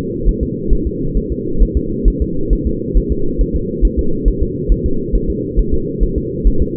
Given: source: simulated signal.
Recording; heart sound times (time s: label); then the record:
fetal heart sounds
0.29 s: S1
0.43 s: S2
0.73 s: S1
0.87 s: S2
1.17 s: S1
1.32 s: S2
1.62 s: S1
1.77 s: S2
2.08 s: S1
2.22 s: S2
2.53 s: S1
2.67 s: S2
2.97 s: S1
3.12 s: S2
3.41 s: S1
3.56 s: S2
3.85 s: S1
3.99 s: S2
4.28 s: S1
4.43 s: S2
4.72 s: S1
4.86 s: S2
5.15 s: S1
5.30 s: S2
5.59 s: S1
5.74 s: S2
6.03 s: S1
6.18 s: S2
6.47 s: S1
6.62 s: S2
From the record:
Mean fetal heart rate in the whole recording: 135 bpm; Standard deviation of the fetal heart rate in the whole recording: 3 bpm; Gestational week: 36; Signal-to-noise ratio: -8.1 dB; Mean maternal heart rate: 72 bpm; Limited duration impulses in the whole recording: absent